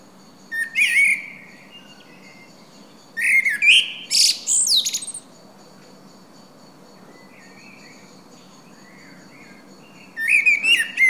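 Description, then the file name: Common blackbird delivers several separated song phrases, fluty low whistles each breaking into high chattering squeaks, with a quiet gap of several seconds and faint background whistling. "Turdus merula"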